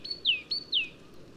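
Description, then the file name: Great tit call: two clear whistled notes, each a short high note sliding sharply down, about half a second apart. "Parus major"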